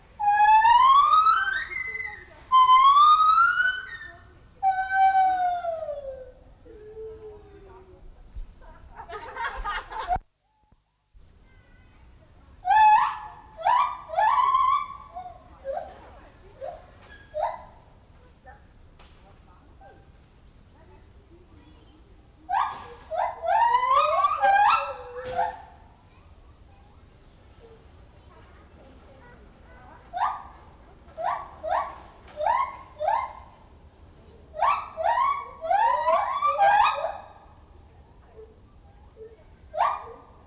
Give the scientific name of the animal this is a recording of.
Hylobates lar